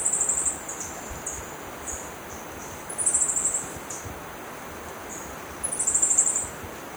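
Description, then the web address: Olive Finch song: very high, thin twittering trills of about half a second to a second, given three times at roughly two-to-three-second intervals over a steady background hiss. Recorded in Ecuador. "Birds of Ecuador. Olive Finch"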